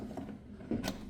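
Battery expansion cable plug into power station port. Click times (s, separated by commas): 0.9 s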